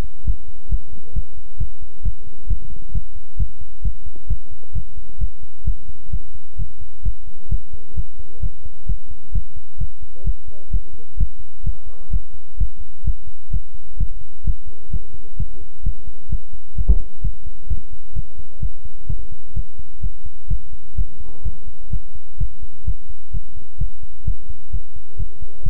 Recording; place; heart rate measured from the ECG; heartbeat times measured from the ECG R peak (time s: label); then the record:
heart sounds by stethoscope; between the tricuspid and mitral areas; 130 bpm
0.24 s: heartbeat
0.69 s: heartbeat
1.13 s: heartbeat
1.58 s: heartbeat
2.03 s: heartbeat
2.47 s: heartbeat
2.92 s: heartbeat
3.37 s: heartbeat
3.82 s: heartbeat
4.27 s: heartbeat
4.73 s: heartbeat
5.18 s: heartbeat
5.65 s: heartbeat
6.10 s: heartbeat
6.56 s: heartbeat
7.03 s: heartbeat
7.49 s: heartbeat
7.95 s: heartbeat
8.40 s: heartbeat
8.86 s: heartbeat
9.32 s: heartbeat
9.78 s: heartbeat
10.24 s: heartbeat
10.70 s: heartbeat
11.17 s: heartbeat
11.63 s: heartbeat
12.10 s: heartbeat
12.57 s: heartbeat
13.04 s: heartbeat
13.50 s: heartbeat
13.97 s: heartbeat
14.43 s: heartbeat
14.90 s: heartbeat
15.36 s: heartbeat
15.83 s: heartbeat
16.29 s: heartbeat
16.75 s: heartbeat
17.21 s: heartbeat
17.67 s: heartbeat
18.13 s: heartbeat
18.60 s: heartbeat
19.07 s: heartbeat
19.54 s: heartbeat
20.01 s: heartbeat
20.48 s: heartbeat
20.95 s: heartbeat
21.42 s: heartbeat
21.90 s: heartbeat
22.38 s: heartbeat
22.85 s: heartbeat
23.31 s: heartbeat
23.78 s: heartbeat
24.25 s: heartbeat
24.71 s: heartbeat
25.17 s: heartbeat
25.63 s: heartbeat
From the record:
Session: pedaling a stationary bicycle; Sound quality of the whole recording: good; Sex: male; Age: 24 years